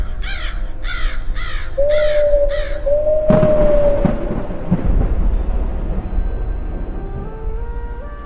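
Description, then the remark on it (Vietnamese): Five harsh, raspy crow caws repeat in a steady rhythm, then give way to a loud rumbling crash that slowly fades into a low, sustained background drone. “Bá tánh đối khát khổ sở, xác người phơi thay ngoài ruộng cạn, nơi nơi tiếng quạ kêu lên thất thanh.”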